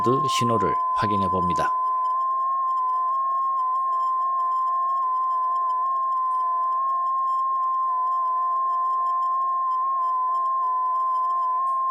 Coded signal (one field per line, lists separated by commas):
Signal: FT8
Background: speech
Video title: ICOM 무전기를 위한 FT8 모드 통신용 올인원 인터페이스 제작